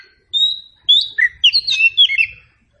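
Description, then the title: Oriental magpie-robin song: a long clear whistle, then quick varied whistled and slurred notes jumping between high and middle pitch, in one short burst. Indonesian title says the recording is meant to make magpie-robins sing in reply. "Nyaut Kacer"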